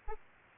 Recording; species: mosquito wingbeat signal from an infrared sensor; Aedes albopictus